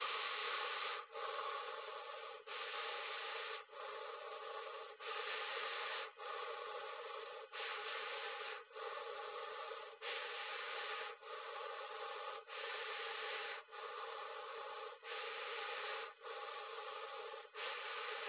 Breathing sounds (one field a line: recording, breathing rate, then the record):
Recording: paced breathing near a phone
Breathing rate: 24 breaths a minute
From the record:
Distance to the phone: 20 cm